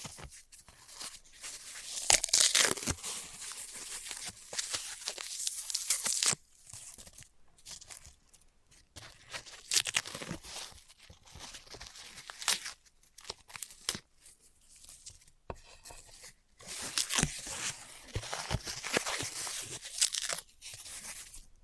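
Floral foam being cut and crushed, with dense bursts of crisp, bright crunching and crumbling that come in uneven waves. Busier stretches fall around 1–6 seconds, 10–13 seconds and 17–21 seconds, separated by brief silences and sharp isolated snaps and taps.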